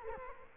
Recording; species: mosquito wingbeat signal from an infrared sensor; Culex quinquefasciatus